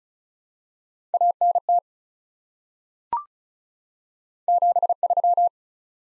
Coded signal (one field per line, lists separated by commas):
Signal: Morse code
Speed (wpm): 36 wpm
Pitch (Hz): 700 Hz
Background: none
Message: ANT 73